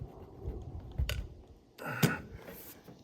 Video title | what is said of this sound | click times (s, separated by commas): Utool Pistol Grease Gun Demo and Review! | Wait for it. Push it on. Hear a little click. | 1.1 s